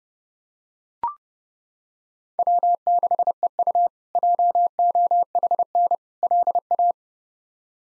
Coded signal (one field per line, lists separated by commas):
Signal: Morse code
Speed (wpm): 32 wpm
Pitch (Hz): 700 Hz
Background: none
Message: W6EU JOHN LA